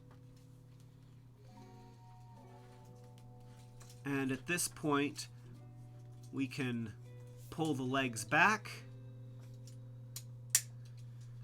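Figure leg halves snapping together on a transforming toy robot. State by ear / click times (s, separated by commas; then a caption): seated / 10.5 s. Someone talks over soft background music while pulling back the legs of a plastic transforming toy robot action figure and pressing the leg halves together. A sharp, satisfying snap at 10.6 s marks the legs seating firmly together.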